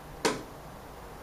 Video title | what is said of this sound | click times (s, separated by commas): Speed Sentry Shield Product Information.wmv | pressing a connector in until we hear it click | 0.2 s